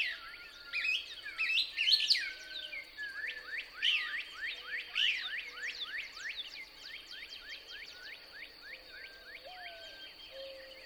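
Couch's Kingbird song, a tumbling burst of twitters followed by an even series of sharp downslurred notes fading toward the end, over soft low whistles and a steady high tone.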